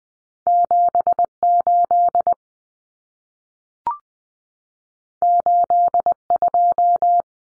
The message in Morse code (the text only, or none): 78 82